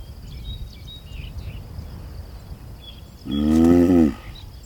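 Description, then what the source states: Galápagos giant tortoise, a single deep groan near the end after a few seconds of faint bird chirps and background hiss. Pair mating under the shade of a Scalesia tree in the centre of the Alcedo volcano caldera, Isabela island.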